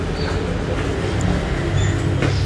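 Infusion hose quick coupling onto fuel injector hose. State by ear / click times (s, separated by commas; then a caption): not seated / none. A cleaning-kit infusion hose quick coupling is handled at a PCX 150/160 scooter's fuel injector hose, and it must not end up loose or it could pop off when the compressor hose is attached. Only a steady low rumble and broadband background noise are heard, with no distinct clicks or knocks. Nothing has seated or clicked yet.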